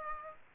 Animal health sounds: mosquito wingbeat signal from an infrared sensor; Aedes aegypti

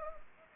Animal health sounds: mosquito wingbeat signal from an infrared sensor; Anopheles arabiensis

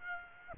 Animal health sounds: mosquito wingbeat signal from an infrared sensor; Aedes aegypti

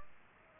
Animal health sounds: mosquito wingbeat signal from an infrared sensor; Aedes aegypti

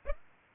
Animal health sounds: mosquito wingbeat signal from an infrared sensor; Aedes aegypti

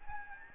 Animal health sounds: mosquito wingbeat signal from an infrared sensor; Aedes albopictus

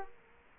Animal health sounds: mosquito wingbeat signal from an infrared sensor; Culex quinquefasciatus

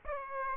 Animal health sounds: mosquito wingbeat signal from an infrared sensor; Aedes aegypti

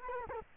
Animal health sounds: mosquito wingbeat signal from an infrared sensor; Culex quinquefasciatus

